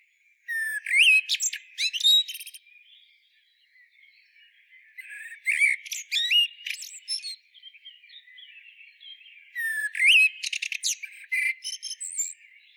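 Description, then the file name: Eurasian blackbird song in three phrases about four to five seconds apart, each a brief low warble followed by high, scratchy twittering. "Turdus merula"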